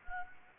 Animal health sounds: mosquito wingbeat signal from an infrared sensor; Anopheles gambiae

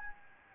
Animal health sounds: mosquito wingbeat signal from an infrared sensor; Anopheles gambiae

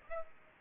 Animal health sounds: mosquito wingbeat signal from an infrared sensor; Aedes aegypti

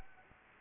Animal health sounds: mosquito wingbeat signal from an infrared sensor; Anopheles arabiensis

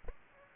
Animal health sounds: mosquito wingbeat signal from an infrared sensor; Aedes aegypti

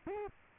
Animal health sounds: mosquito wingbeat signal from an infrared sensor; Culex quinquefasciatus

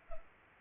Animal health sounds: mosquito wingbeat signal from an infrared sensor; Culex pipiens

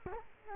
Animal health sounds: mosquito wingbeat signal from an infrared sensor; Culex quinquefasciatus

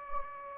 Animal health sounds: mosquito wingbeat signal from an infrared sensor; Anopheles gambiae

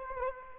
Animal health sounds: mosquito wingbeat signal from an infrared sensor; Aedes aegypti

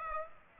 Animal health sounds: mosquito wingbeat signal from an infrared sensor; Aedes aegypti

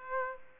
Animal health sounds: mosquito wingbeat signal from an infrared sensor; Aedes aegypti

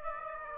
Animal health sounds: mosquito wingbeat signal from an infrared sensor; Aedes aegypti

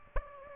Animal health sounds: mosquito wingbeat signal from an infrared sensor; Aedes aegypti

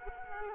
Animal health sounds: mosquito wingbeat signal from an infrared sensor; Culex quinquefasciatus

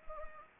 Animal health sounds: mosquito wingbeat signal from an infrared sensor; Anopheles gambiae

